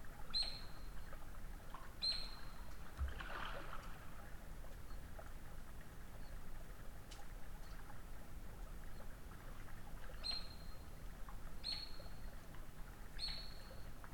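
Eurasian otter uttering a series of short, thin, high whistles, two early and three spaced near the end, with a brief splashy burst after the second call.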